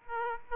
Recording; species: mosquito wingbeat signal from an infrared sensor; Aedes aegypti